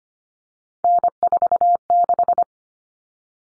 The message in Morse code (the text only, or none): N46